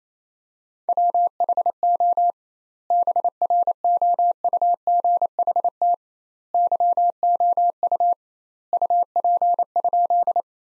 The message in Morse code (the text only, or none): WHO BROUGHT YOU UP?